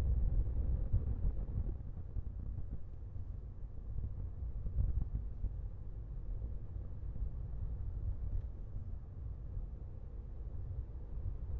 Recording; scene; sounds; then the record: everyday scene through a hearing-aid microphone; in a vehicle; engine, rumble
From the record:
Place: Skoda Fabia, gasoline engine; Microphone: behind the ear, left, rear